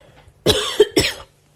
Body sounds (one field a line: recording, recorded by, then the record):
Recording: voluntary cough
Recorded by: messaging app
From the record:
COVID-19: positive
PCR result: self-reported